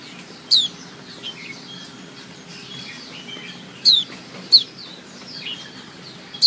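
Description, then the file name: White-eye calls: four brief, high, downslurred chirps spaced irregularly over a faint steady background hiss. Female. "suara pleci betina omkicau"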